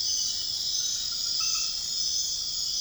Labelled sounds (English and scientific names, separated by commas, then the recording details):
none
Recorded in dense forest near Puerto Asís, Putumayo, Colombia, on 18 February 2024 at 23:00
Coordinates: 0.502, -76.324
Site G6370